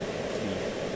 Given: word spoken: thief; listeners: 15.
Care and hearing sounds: one English word in noise, from a listening test; speech-shaped noise; -6.2 dB; 1 of 15; 6 of 15; 0.56 s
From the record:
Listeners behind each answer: 6, 2, 1, 1, 1, 1, 1, 1, 1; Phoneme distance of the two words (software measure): 20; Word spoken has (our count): 1 syllable, 3 phonemes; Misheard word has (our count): 1 syllable, 3 phonemes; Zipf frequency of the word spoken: 3.91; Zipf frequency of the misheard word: 4.70

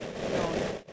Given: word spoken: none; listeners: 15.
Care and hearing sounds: one English word in noise, from a listening test; noise modulated by three-talker babble; -7.6 dB; 2 of 15; 7 of 15; 0.53 s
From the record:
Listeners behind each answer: 7, 2, 2, 1, 1, 1, 1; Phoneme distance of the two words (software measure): 20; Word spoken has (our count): 1 syllable, 3 phonemes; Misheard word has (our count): 1 syllable, 3 phonemes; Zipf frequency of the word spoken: 4.88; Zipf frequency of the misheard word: 3.65

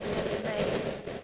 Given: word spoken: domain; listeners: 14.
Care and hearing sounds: one English word in noise, from a listening test; noise modulated by three-talker babble; -6.8 dB; 1 of 14; 7 of 14; 0.84 s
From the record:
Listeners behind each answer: 7, 1, 1, 1, 1, 1, 1, 1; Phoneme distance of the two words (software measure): 24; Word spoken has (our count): 2 syllables, 5 phonemes, stress on syllable 2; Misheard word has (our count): 1 syllable, 3 phonemes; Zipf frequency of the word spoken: 3.58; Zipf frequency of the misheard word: 5.91

